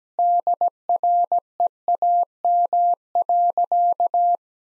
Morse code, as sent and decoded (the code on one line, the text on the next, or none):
-.. .-. . .- -- .-.-.-
DREAM.